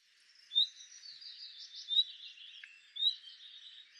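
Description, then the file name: Common nightingale giving three clear whistled call notes about a second or so apart, with twittering birds and a faint steady hum behind. "Luscinia megarhynchos"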